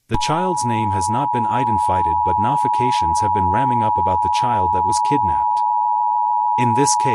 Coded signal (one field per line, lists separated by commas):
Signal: Emergency Alert System (SAME) tones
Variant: 853 and 960 Hz attention tone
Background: speech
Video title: Soap 1.3 Network EAS Broadcast (6/13/25)